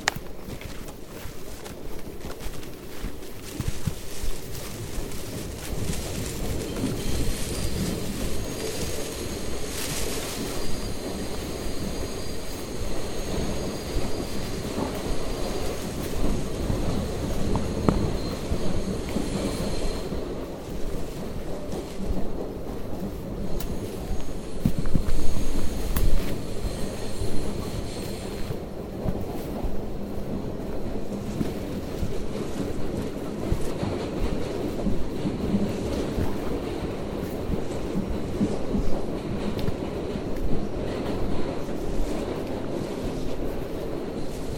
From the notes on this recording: Hike in Tambopata Reserve rainforest, Peru